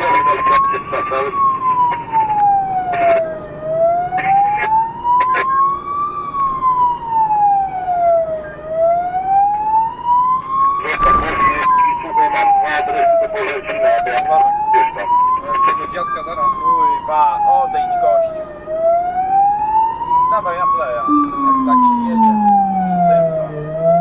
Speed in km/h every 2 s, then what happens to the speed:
48, 50, 51, 52, 53, 52, 50, 50, 50, 52, 52, 53.
0-24 steady at about 51.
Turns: none.